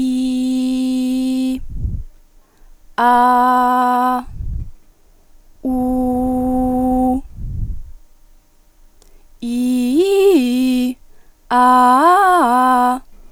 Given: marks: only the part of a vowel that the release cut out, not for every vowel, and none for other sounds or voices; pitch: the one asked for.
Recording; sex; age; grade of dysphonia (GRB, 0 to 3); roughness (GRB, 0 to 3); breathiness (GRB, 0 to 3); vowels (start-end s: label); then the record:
sustained vowels; female; 20 to 29 years; 1; 1; 0
0.00-1.41 s: vowel /i/, normal pitch
3.14-4.11 s: vowel /a/, normal pitch
5.71-7.01 s: vowel /u/, normal pitch
9.54-10.81 s: vowel /i/, low-high-low pitch
11.55-12.86 s: vowel /a/, low-high-low pitch
From the record:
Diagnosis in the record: healthy voice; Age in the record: 26 years